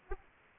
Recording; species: mosquito wingbeat signal from an infrared sensor; Aedes aegypti